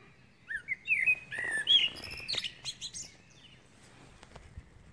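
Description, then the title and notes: Eurasian blackbird song: a short run of low fluted, warbling notes that shifts into thin, squeaky twittering at the end, then quiet. Recorded at Årstaskogen. "blackbird, koltrast. Årstaskogen"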